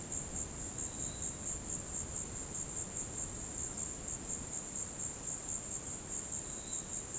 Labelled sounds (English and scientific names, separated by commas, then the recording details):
none
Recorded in dense forest near Puerto Asís, Putumayo, Colombia, on 21 February 2024 at 17:00
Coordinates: 0.486, -76.316
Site G6437